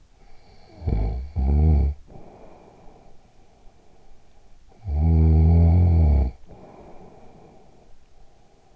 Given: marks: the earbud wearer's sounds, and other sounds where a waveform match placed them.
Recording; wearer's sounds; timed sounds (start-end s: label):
sounds in sleep by an in-ear microphone; snoring breath
0.16-4.31 s: snoring breath
4.48-8.76 s: snoring breath